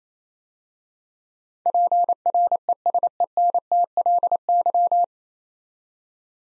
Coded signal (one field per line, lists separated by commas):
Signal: Morse code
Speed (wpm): 27 wpm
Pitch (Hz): 700 Hz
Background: none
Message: PRESENTLY